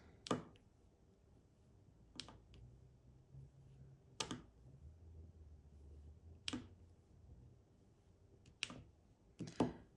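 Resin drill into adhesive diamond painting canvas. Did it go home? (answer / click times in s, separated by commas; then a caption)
yes / 2.2 s, 4.2 s, 6.5 s, 8.6 s. Single resin diamond painting drills are placed one by one in a line and pressed into an adhesive canvas, each giving a short, sharp click as it seats, at 2.2, 4.2, 6.5 and 8.6 seconds. Each drill clicks in and is seated.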